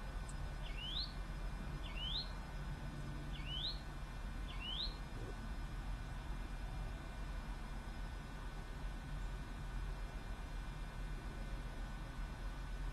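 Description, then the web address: Bird call: four quick upward-sweeping notes in the first five seconds, then only a continuous low rumbling background noise remains. Recorded 16 March 2006, PM, at Bexar. "bexar Many Birds"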